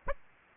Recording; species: mosquito wingbeat signal from an infrared sensor; Aedes aegypti